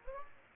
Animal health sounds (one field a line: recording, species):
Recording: mosquito wingbeat signal from an infrared sensor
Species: Aedes aegypti